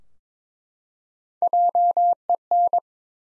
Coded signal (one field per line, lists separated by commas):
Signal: Morse code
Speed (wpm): 22 wpm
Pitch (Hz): 700 Hz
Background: none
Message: JEN